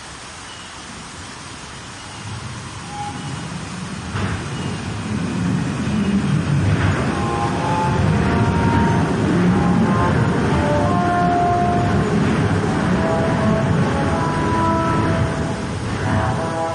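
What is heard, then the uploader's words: A horn plays short sustained notes in the street, entering around seven seconds and repeating with small pauses. Underneath, a low, steady rumble of traffic builds over the first few seconds and stays loud, with a passing vehicle and occasional knocks. French Horn in Street. Ah, the sounds of Paris, music, love, happiness.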